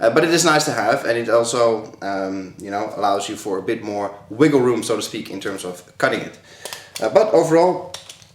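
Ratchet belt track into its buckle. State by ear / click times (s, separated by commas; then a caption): not seated / none. Someone talks throughout while handling the end of a second ratchet EDC belt, moving its track toward the ratchet buckle. Two brief, sharp sounds come near the end at 8.1 s and 8.2 s. The clip ends before the belt end goes home, and nothing has seated or clicked into the buckle yet.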